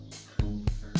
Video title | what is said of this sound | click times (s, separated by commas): Cello Lifestyle 500 ML Flask Unboxing and Review - tea thermos bottle - hot and cold water bottle | तो पूछ open lead है इसकी देखिए उस तरीके और यह डबल प्रेस करेंगे लिप-लॉक हो जाएगा तो | 0.4 s, 0.7 s